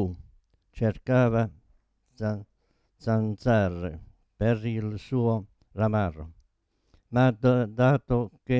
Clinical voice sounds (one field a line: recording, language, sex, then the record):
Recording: read passage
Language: Italian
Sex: male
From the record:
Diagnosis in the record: Parkinson's disease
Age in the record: 72 years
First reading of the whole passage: 118 s, 4.4 characters per second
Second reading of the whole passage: 99 s, 5.2 characters per second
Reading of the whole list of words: 88 s, 3.2 characters per second